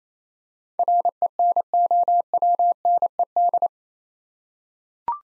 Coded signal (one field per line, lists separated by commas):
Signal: Morse code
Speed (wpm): 27 wpm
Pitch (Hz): 700 Hz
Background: none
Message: RENOWNED